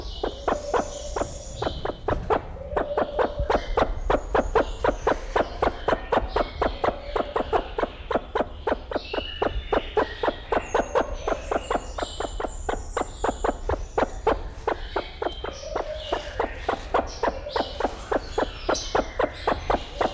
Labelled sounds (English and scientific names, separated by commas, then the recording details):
Great Argus (Argusianus argus) call
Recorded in captivity
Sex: male
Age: adult
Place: Zoo Berlin, Berlin, DE
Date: 1994-03-05 11:38
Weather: heiter, 4°C, Windböen
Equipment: Marantz CP 430, Sennheiser ME 80, Kopie Uher Variocord 263
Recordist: Tembrock, Günter